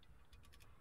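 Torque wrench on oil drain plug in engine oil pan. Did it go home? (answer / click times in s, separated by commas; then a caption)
no / none. A torque wrench is turned on the oil drain plug in the engine oil pan of a 2013-2018 Nissan Altima, being tightened toward a 25 foot-pound setting. Faint ratcheting ticks are heard, with the sharpest at about 0.5 and 0.6 seconds. The wrench has not clicked yet and the plug is not yet torqued.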